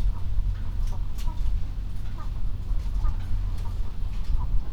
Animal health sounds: poultry house recording; healthy chickens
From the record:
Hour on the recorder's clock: 21

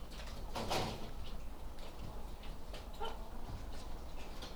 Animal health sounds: poultry house recording; sick chickens (respiratory disease)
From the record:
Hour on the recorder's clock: 20

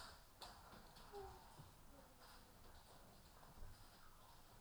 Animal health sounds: poultry house recording; healthy chickens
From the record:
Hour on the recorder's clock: 12

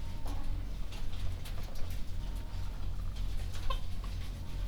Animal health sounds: poultry house recording; sick chickens (respiratory disease)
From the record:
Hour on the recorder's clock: 21

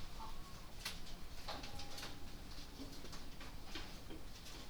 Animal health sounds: poultry house recording; healthy chickens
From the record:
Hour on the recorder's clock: 22

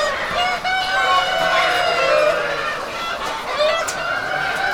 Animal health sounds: poultry house recording; healthy chickens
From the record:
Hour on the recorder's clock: 9

